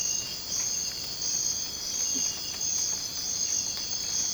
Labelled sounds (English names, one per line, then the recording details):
none
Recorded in dense forest near Puerto Asís, Putumayo, Colombia, on 24 March 2025 at 03:30
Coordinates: 0.481, -76.323
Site G088